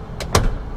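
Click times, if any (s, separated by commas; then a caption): 0.4 s. In a pickup truck cab, the lever under the rear seat is pulled and the rear seat cushion is lifted to reveal storage underneath. A softer sound comes at 0.2 s, then the cushion latches in its raised position with a sharp click at 0.4 s. The seat is locked up.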